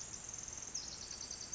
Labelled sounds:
Pacific Wren (Troglodytes pacificus)
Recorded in Sonoma County, California

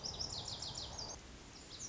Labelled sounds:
Lazuli Bunting (Passerina amoena)
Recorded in Sonoma County, California

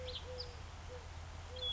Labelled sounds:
Eurasian Collared Dove (Streptopelia decaocto)
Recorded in Sonoma County, California

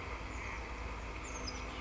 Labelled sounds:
Oak Titmouse (Baeolophus inornatus)
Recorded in Sonoma County, California

